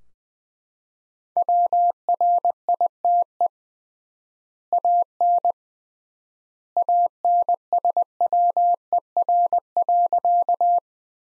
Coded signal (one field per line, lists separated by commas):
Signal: Morse code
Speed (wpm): 19 wpm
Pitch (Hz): 700 Hz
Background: none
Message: WRITE AN ANSWER.